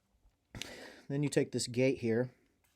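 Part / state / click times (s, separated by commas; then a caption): gate of carbine conversion chassis / not seated / none. A hand takes hold of the gate on an MCK carbine conversion chassis holding a Glock 21 pistol, with a brief sharp handling sound near 0.6 s while someone talks. Nothing has seated or clicked into place yet.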